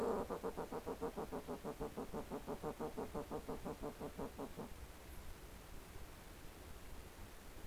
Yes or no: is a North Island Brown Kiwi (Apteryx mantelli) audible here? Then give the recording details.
no. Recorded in New Zealand on 18 December 2013. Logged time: 22:59. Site CJ71